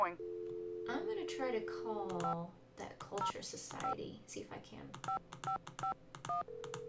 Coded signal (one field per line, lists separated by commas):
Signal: DTMF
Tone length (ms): 110 ms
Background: speech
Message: 505 5551